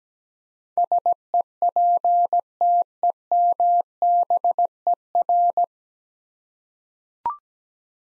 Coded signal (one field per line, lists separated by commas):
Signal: Morse code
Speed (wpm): 17 wpm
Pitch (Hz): 700 Hz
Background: none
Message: SEPTEMBER